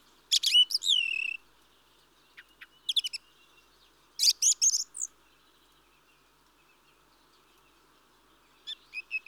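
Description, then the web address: Mistle thrush delivering loud, harsh chattering calls, a long opening rattle followed by scattered shorter bursts and a few more notes at the end. "BBC Sound Effects Library Birds Mistle Thrush (Turdus Viscivorus)"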